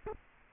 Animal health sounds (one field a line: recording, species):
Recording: mosquito wingbeat signal from an infrared sensor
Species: Culex quinquefasciatus